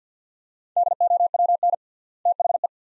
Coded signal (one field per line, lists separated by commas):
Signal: Morse code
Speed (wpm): 50 wpm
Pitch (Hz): 700 Hz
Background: none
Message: DOWN THE